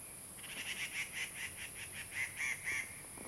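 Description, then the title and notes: Grey treepie giving a series of harsh notes, with a continuous high hiss behind. Puli, Nantou County, Taiwan; birds singing on the ground. "545台灣南投縣埔里鎮成功里種瓜路113號. Dendrocitta formosae , Birds singing in the ground"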